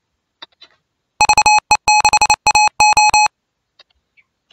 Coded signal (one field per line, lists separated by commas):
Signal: Morse code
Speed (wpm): 28 wpm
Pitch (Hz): 850 Hz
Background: none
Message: VE6AO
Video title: RUFZ 2022 R4SBD